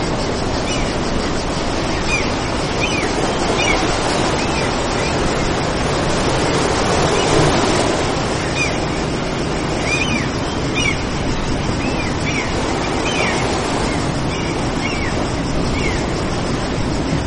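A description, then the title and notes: Crashing waves make a steady, dense wash of sound with a soft breeze running through it, swelling slightly around the middle before settling back. Small bright chirps, likely birds, recur every second or two across the whole stretch. BEACHSIDE SUMMER DAY AMBIENCE. The sound of crashing waves while you feel a calm steady breeze.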